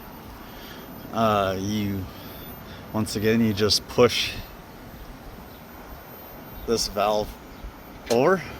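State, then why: Not seated. A hand handles the lever of a metal quick-release oil drain valve on an engine oil pan, pushing it over to close it. Someone talks over a quiet background, and the clip ends before the lever drops in, so nothing has seated or clicked yet.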